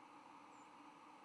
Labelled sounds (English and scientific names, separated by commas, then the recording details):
White-throated Sparrow (Zonotrichia albicollis) flight call
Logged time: 06:27 on 10 November 2014